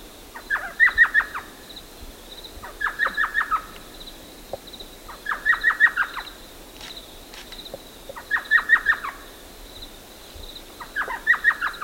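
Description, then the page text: Thrush nightingale song of repeated staccato phrases, each a quick run of chopped notes, coming roughly every two to three seconds over a soft high hum. "Утренние голоса - Соловей обыкновенный (восточный)|соловей"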